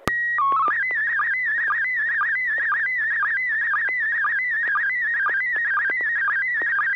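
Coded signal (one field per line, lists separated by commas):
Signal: SSTV (slow-scan television)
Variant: PD 120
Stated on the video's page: Weekly amateur SSTV net on a 441.300 MHz FM repeater, images exchanged using MMSSTV software.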